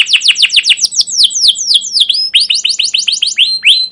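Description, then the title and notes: Canary singing varied phrases of quick descending chirps, some notes drawn out and sliding, with brief changes of tempo and short pauses between sections. Caged canary song used as a lure to stimulate and tutor young canaries learning sounds; style described as cuit cuit, ngerol, gacor panjang (long continuous rolling chirps). "CUIT CUIT NGEROL LANGSUNG GACOR PANJANG Kenari Ini AMPUH Utk Pancingan KENAR. PANCINGAN Kenari GACOR PANJANG Cuit CUIT EMOSI ini AMPUH utk MASTERAN Kenari PAUD belajar BUNYI. burung kenari"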